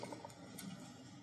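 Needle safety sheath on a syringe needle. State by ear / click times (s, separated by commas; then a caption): not seated / none. After an intramuscular injection, the plastic safety sheath on a syringe needle is flipped over the used needle, and only a few small handling taps are heard. The sheath looks closed, but nothing has clicked, so the lock did not audibly engage.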